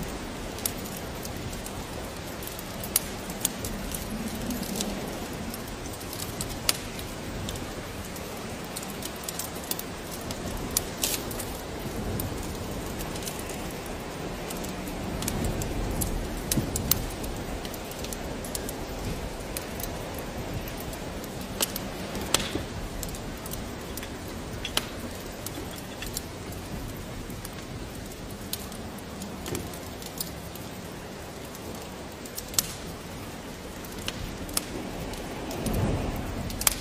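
A fire crackles on a rainy day, with a steady dense hiss of rain running underneath throughout. Sharp pops and snaps break through irregularly every second or so, some louder ones standing out, over a soft low rumble that swells slightly mid-clip.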